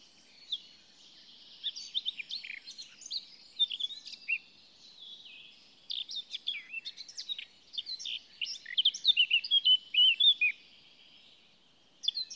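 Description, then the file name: Eurasian blackcap song of jumbled high chirps and slurred notes, growing louder toward a clear flourish near the end, then a short final phrase. "Sylvia atricapilla"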